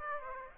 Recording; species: mosquito wingbeat signal from an infrared sensor; Aedes aegypti